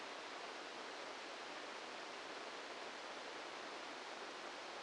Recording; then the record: brain microelectrode recording played as sound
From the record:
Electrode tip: inside the subthalamic nucleus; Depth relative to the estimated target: -2 mm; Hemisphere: left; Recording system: NeuroSet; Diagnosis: Parkinson's disease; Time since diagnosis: 14 years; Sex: male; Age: 51 years